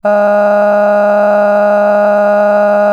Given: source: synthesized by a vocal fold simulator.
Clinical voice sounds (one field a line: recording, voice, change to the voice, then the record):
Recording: sustained vowel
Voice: female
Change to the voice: cycle-to-cycle stiffness perturbation (roughness), level 5 of 10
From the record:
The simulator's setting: 3.18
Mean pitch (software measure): 206 Hz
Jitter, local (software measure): 1.44%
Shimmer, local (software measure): 10.7%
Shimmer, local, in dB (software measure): 0.94 dB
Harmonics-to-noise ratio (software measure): 16.9 dB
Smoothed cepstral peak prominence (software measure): 16.3 dB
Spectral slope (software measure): -21.9 dB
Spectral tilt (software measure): -11.1 dB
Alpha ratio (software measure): -12.3 dB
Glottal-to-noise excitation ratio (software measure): 0.963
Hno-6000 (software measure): 2.5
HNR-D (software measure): 33.7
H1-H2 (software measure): 4.3 dB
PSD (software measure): 6.1e-05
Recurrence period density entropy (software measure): 0.119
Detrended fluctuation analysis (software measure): 0.0279